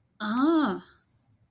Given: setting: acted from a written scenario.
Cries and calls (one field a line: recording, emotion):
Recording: vocal sound without words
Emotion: realization